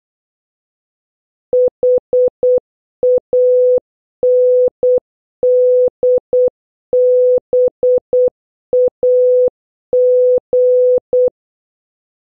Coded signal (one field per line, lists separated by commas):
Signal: Morse code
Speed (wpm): 8 wpm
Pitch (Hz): 500 Hz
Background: none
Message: HANDBAG